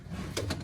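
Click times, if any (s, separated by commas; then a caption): 0.4 s. A camshaft position sensor with a rubber O-ring seal coated in dielectric grease is worked back and forth and pushed into its bore in a 7.3 Powerstroke diesel engine block. A sharp snap at 0.4 s marks the sensor seating, followed by a softer click at 0.5 s. The sensor is seated.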